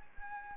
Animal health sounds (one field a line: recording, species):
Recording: mosquito wingbeat signal from an infrared sensor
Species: Anopheles arabiensis